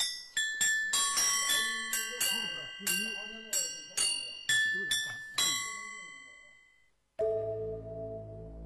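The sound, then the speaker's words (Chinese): A set of Chinese yunluo, small tuned cloud gongs, is struck about a dozen times at shifting pitches, each bright metallic hit ringing out, with faint murmuring underneath, before a steady lower sustained tone takes over at the end. “这是笛子，这叫云锣。”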